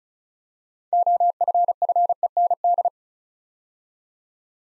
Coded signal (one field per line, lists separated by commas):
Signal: Morse code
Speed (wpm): 36 wpm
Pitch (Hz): 700 Hz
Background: none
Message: OFFEND